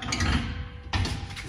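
A new aircraft fuel tank is centered over a small pocket welded into the bottom of its cradle in the aircraft and pressed down. After low handling noise, a sharp snap is heard at 0.9 s as the tank snaps into the pocket and locks in place, seated.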